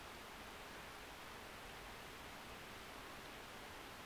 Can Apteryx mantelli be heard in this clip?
no